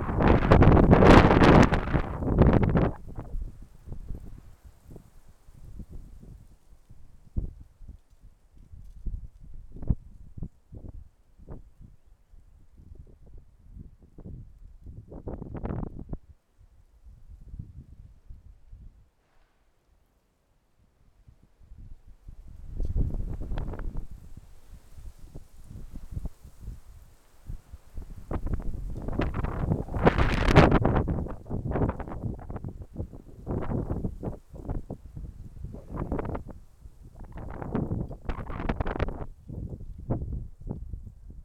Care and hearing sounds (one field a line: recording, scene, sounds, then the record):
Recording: everyday scene through a hearing-aid microphone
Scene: wind on the microphone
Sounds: wind, traffic, birds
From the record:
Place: suburban garden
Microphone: behind the ear, left, front